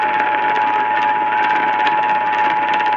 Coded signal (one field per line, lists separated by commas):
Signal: Emergency Alert System (SAME) tones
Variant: 853 and 960 Hz attention tone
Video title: 2026 IS SLIGHT RISK RIGHT??? EAS Alerts From 3/4/26 (EAS#5,192 - 5,216)